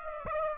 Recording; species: mosquito wingbeat signal from an infrared sensor; Aedes aegypti